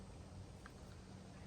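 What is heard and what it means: A plastic wiring connector for the electric tailgate on a Nissan Patrol Y62 is handled, with red, yellow, orange and black wires placed in it and its locking part about to be pushed down over the tailgate loom wires. Over a steady low hum, one faint, brief tick is heard at 0.7 s. Nothing has seated or clicked yet.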